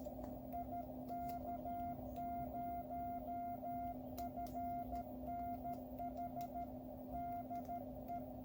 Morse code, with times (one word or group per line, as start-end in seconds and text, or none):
0.5-6.6 IK0FNH
7.1-8.2 DE